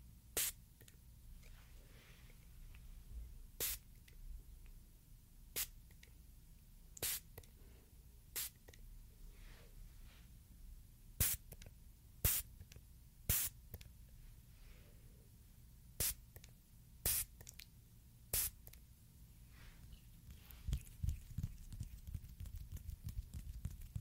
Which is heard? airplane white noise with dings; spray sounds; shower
spray sounds